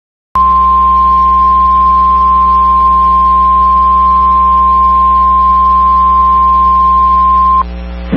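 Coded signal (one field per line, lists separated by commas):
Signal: Emergency Alert System (SAME) tones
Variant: 1050 Hz attention tone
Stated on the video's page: Personally captured Oklahoma EAS alerts.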